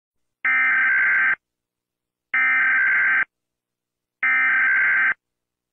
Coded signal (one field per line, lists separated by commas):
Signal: Emergency Alert System (SAME) tones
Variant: header bursts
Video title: Rating eas alarms